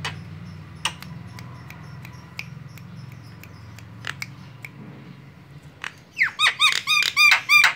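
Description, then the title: Javan myna song: scattered sharp clicks and faint notes at first, then a loud burst of fast, harsh, buzzy repeated notes near the end. Very loud, noisy song used as a tutor recording for training other birds. "Jalak Kebo Master Suara Super Berisik Buat Masteran"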